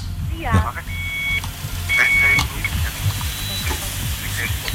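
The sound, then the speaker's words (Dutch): An answering machine beep sounds twice, two steady high tones about half a second each, over a crackling, hissy phone line with faint voices underneath. “Je hoort de telefoon beantwoorden van ….”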